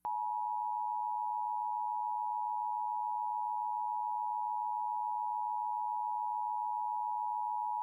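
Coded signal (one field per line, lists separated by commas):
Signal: Emergency Alert System (SAME) tones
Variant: 853 and 960 Hz attention tone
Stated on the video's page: EAS alerts and tests spanning 2005 to 2025, including weekly and monthly tests, national EAS tests, and tornado and severe thunderstorm warnings and watches.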